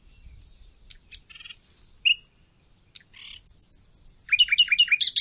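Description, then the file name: Common nightingale song with scattered clicks and buzzes, a high thin whistle, then a rapid ringing trill and a loud series of repeated rich notes. "Luscinia megarhynchos"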